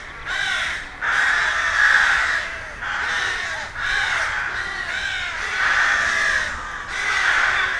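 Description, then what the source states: Harsh rook caws from many birds at once, forming a steady grating din with short pauses every second or two. Rook colony, a rookery in a wood.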